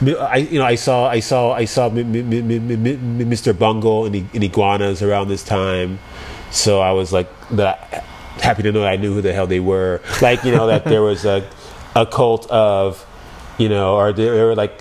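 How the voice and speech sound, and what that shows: Adult man's speech with a triple whole-word repetition ('I saw, I saw, I saw') and prolonged 'm' sounds before a word: stuttering disfluencies, a stutter linked to witnessing domestic violence in childhood.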